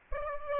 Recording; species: mosquito wingbeat signal from an infrared sensor; Aedes aegypti